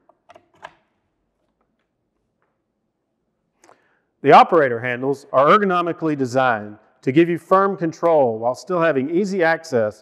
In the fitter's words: and the safety lock power cord locks in place